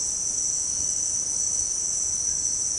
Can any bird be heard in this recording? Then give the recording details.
no. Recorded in pastures near Puerto Asís, Putumayo, Colombia, on 23 June 2025 at 18:00. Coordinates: 0.496, -76.326. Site GP01